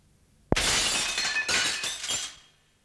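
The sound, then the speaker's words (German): A sudden sharp impact of bare fists on a window pane bursts into a bright crash of shattering glass, followed by a few more crashing bursts and tinkling shards that fade out over about two seconds. No voices. “Dann mit bloßen Fäusten auf die Fensterscheibe los.”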